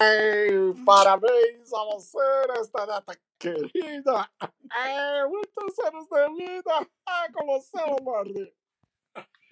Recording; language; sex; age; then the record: short text; Brazilian Portuguese; female; 40 to 49 years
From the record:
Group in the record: control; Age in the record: 42 years